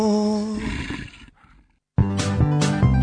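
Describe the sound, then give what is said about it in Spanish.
A wolf growl sound effect: a rough, tonal snarl that fades away into a brief silence, then a loud, harmonically rich growling roar bursts back in abruptly and holds steady. “Todos los viernes, a partir de las 10 de la noche, hay un lobo suelto.”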